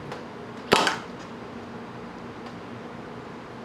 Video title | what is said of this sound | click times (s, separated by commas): Fox Shock Air Sleeve Maintenance | you'll hear a popping sound when you do this now | 0.7 s